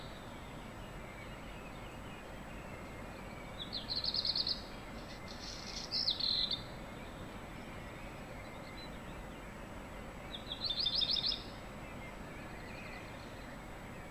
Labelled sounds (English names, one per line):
Black Redstart